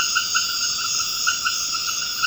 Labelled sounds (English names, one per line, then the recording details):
none
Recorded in dense forest near Puerto Asís, Putumayo, Colombia, on 24 March 2025 at 21:00
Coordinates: 0.481, -76.323
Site G088